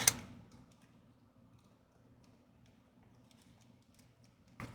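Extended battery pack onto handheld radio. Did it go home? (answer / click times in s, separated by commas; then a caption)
no / none. An extended battery pack is slid onto a Kenwood TH-D75 / TH-D74 handheld radio. A sharp knock at the start gives way to a low, steady hum with faint ticks, then a louder scraping contact near the end. The pack fails to latch, and nothing has clicked into place yet.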